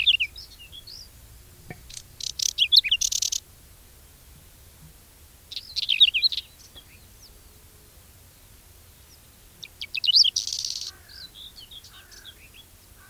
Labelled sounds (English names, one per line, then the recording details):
Whinchat song
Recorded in the wild
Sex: male
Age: adult
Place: Neunkirchen am Brand, Bayern, DE
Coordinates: 49.6036, 11.1381
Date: 1964-06-20
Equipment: Nagra, Original, Vollspur
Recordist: Tretzel, Erwin
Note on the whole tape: Neunkirchen am Brand (Ortsausgang Richtung Kleinsendelbach): Braunkehlchen imitiert: Grauammer, Stieglitz und Nachtigall-Strophe und "krrr"